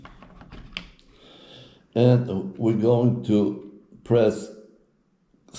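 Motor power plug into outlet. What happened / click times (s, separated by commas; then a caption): The power plug pushed fully into the outlet / 0.8 s. A garage door opener motor's power plug (BTX classic motor 101 4045) is pushed back into its outlet, with a few light ticks and then a sharp click at 0.8 s as it seats. A steady hum follows, and then someone talks.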